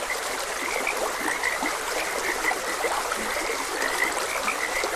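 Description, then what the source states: A chorus of frogs croaking in rapid short notes, heard over the steady sound of a running stream. Frogs croaking beside a gentle stream.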